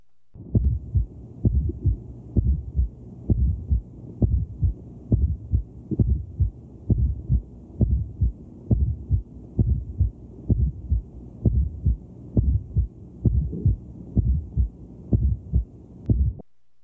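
Regular low-pitched heartbeats at about 66 a minute, each with a soft extra sound just before the first heart sound, giving a 'pa-pá, pomp' cadence: a fourth heart sound, or atrial gallop, in an adult. Its waves are high in amplitude but low in frequency, so it can be hard to hear; best heard with the bell over the left ventricular apex, patient in left lateral decubitus position.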